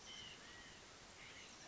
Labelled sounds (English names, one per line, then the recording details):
White-breasted Nuthatch
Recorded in Sonoma County, California